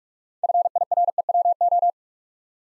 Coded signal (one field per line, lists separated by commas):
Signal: Morse code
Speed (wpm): 44 wpm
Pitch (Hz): 700 Hz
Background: none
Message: FIREWO